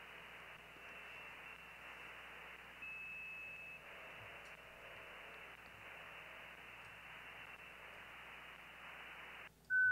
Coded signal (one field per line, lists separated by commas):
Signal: FT8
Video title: FT8 "Hound Mode" In the RHR Console - RHR Tutorial Series